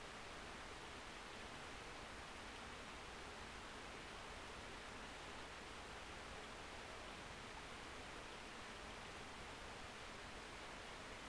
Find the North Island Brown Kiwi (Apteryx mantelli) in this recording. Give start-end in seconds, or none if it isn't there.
none